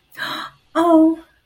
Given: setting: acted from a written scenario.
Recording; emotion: vocal sound without words; elation